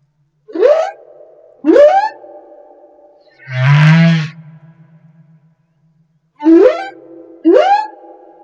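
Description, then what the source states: Humpback whale giving two quick rising whoops, one low buzzy moan, then two more rising whoops in song. Recorded off Madagascar.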